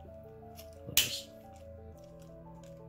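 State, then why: Seated. A plastic panel on a transforming toy robot is folded down during transformation until it locks, giving a single loud, sharp snap at 0.97 s over steady background music. The panel seats firmly into place.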